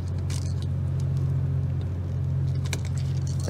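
A small metal brush spring is levered up and over onto a new carbon brush while the brushes in an angle grinder motor are being replaced. Over a steady low hum and a few faint ticks, the spring snaps into place with a sharp click at 2.7 s and is seated.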